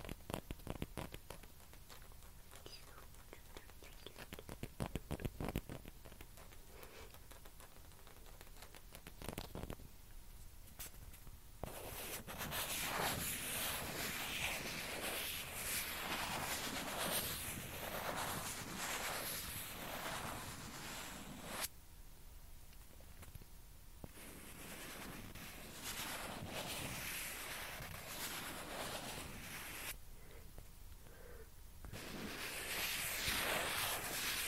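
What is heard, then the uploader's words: A ping pong ball is tapped and scratched against a surface. The first ten seconds bring sparse, sharp taps, including a loud cluster around five seconds. After that come long bursts of dense, hissing scratching, broken by brief pauses near 22 and 30 seconds. ASMR TAPPING AND SCRATCHING WITH PING PONG BALL.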